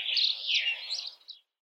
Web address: скворец